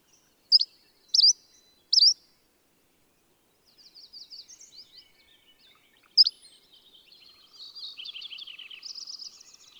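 Bird song: three quick loud chirps, a pause, soft twittering, one more sharp chirp, then a run of buzzy trilled notes.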